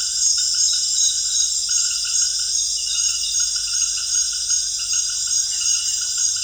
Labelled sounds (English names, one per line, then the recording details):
none
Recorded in secondary vegetation near Puerto Asís, Putumayo, Colombia, on 22 June 2025 at 18:30
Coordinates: 0.498, -76.327
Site GP09